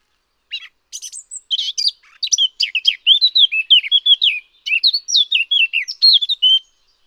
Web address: birdify. sylvia atricapilla